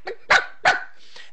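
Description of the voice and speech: Three sharp, dog-like barks within a second: an adult imitating the barking and yelping vocal tic of a girl with Tourette syndrome.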